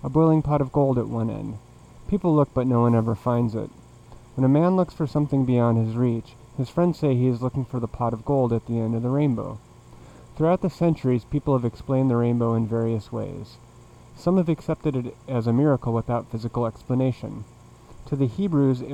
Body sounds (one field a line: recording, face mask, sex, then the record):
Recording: reading aloud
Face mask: surgical mask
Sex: male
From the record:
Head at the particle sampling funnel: facing it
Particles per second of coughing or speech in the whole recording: 0.232